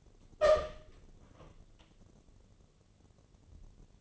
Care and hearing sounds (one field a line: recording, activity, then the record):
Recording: daily activity, microphone in the room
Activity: open door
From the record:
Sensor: 4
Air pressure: 1016.0 hPa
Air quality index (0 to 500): 202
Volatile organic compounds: 11 ppm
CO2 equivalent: 2304 ppm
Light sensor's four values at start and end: 9/20/8/7 and 9/20/8/7